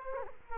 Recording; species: mosquito wingbeat signal from an infrared sensor; Culex quinquefasciatus